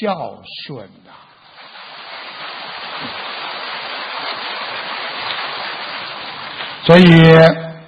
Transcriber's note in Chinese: 掌声